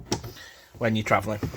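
A hinged acrylic window on a 2022 Burstner Delfin T 680G motorhome is brought all the way back, and its twist latch on the window frame is secured with a sharp click at 0.1 s. The latch clicks shut and the window is secured, then someone talks.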